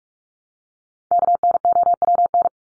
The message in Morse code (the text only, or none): KNOWN